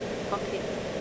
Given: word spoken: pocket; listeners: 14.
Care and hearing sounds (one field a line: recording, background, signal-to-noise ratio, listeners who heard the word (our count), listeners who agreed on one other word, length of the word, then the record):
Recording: one English word in noise, from a listening test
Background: speech-shaped noise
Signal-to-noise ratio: -4.9 dB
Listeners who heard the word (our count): 7 of 14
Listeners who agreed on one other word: 6 of 14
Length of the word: 0.61 s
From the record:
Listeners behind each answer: 7, 6, 1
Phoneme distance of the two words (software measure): 20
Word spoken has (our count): 2 syllables, 5 phonemes, stress on syllable 1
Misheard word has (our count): 2 syllables, 5 phonemes, stress on syllable 1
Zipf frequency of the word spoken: 4.63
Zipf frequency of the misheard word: 4.21